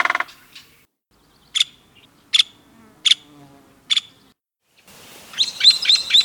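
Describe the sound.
Nuttall's woodpecker giving sharp, high single notes spaced under a second apart, with a brief harsh burst at the start and a chattering twitter at the end.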